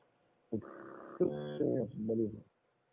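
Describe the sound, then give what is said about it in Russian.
A person imitates frog croaks and duck quacks with a few strong, nasal, buzzy vocal bursts in quick succession, lasting about two seconds before stopping. “Вы крякаете, там квакаете.”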